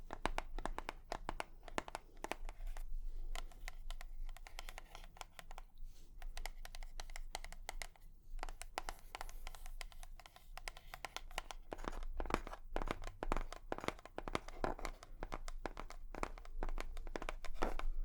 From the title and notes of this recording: ASMR 100% Tapping for Relaxation & Tingles (No Talking).